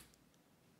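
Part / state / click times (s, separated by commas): spring bar into watch lug hole / seated / 0.1 s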